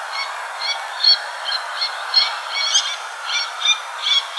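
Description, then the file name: Little tern calls, short harsh high chirps repeated about every third of a second, roughly a dozen in all, over a steady broad hiss. "koajisasi"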